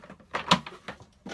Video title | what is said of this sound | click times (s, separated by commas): How to Set up your Black Rainbow Vacuum | and there's locked into place. | 0.5 s